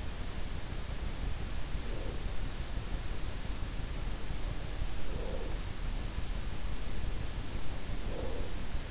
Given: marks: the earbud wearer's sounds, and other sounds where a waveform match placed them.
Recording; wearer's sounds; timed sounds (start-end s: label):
sounds in sleep by an in-ear microphone; breath
1.61-2.60 s: breath
4.76-5.88 s: breath
7.80-8.91 s: breath